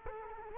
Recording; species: mosquito wingbeat signal from an infrared sensor; Culex quinquefasciatus